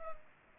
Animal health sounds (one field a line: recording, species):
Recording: mosquito wingbeat signal from an infrared sensor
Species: Culex pipiens